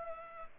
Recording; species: mosquito wingbeat signal from an infrared sensor; Culex pipiens